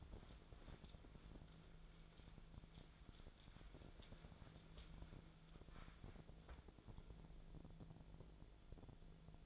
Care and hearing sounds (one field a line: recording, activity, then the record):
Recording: daily activity, microphone in the room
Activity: wipe stove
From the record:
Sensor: 5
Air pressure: 1000.6 hPa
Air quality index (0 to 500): 156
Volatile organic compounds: 2 ppm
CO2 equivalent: 1199 ppm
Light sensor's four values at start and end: 49/104/48/53 and 52/111/50/56